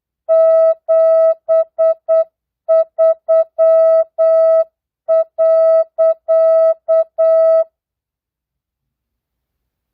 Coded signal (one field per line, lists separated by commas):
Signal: Morse code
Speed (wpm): 8 wpm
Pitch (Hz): 650 Hz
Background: music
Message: 73.